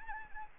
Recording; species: mosquito wingbeat signal from an infrared sensor; Anopheles arabiensis